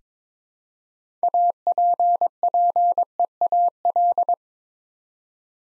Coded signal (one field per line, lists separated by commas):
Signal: Morse code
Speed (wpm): 22 wpm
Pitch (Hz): 700 Hz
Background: none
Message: APPEAL